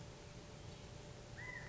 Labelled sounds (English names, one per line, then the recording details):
California Quail
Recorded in Sonoma County, California